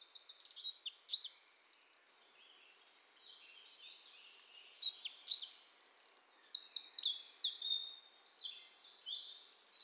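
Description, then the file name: Eurasian wren song: a short high twittering phrase, a brief pause, then a longer, louder burst of fast warbled notes and dry trills. "Troglodytes troglodytes"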